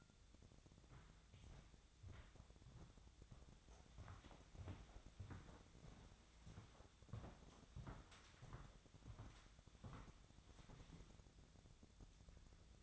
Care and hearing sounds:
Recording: daily activity, microphone in the room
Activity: walk to room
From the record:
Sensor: 3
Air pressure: 1000.0 hPa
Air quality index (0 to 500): 123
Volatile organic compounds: 2 ppm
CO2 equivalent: 1106 ppm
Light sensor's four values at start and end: 36/89/39/42 and 34/82/36/39

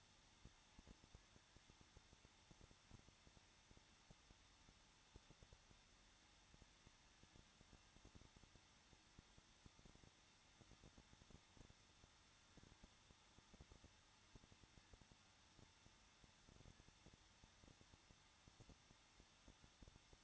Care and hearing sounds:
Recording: daily activity, microphone in the room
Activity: no activity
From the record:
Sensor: 3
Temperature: 21.2 degrees Celsius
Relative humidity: 36.4%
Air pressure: 1006.3 hPa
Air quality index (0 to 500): 223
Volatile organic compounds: 43 ppm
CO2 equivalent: 3202 ppm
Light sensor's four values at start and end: 2/3/2/2 and 2/3/2/2

